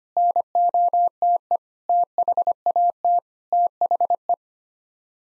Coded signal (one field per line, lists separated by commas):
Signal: Morse code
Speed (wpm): 25 wpm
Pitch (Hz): 700 Hz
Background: none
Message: NOTE THAT THE